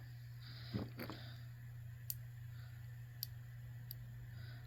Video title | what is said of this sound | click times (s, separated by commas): Adding an LED to a fidget Clicker. | Like that, and it kind of snaps. You can see here, because it's translucent, that it kind of snapped into place into the groove I made there. | 2.1 s